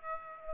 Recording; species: mosquito wingbeat signal from an infrared sensor; Aedes aegypti